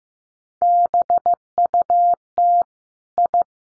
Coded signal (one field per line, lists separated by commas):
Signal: Morse code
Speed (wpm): 15 wpm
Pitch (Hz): 700 Hz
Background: none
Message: BUT I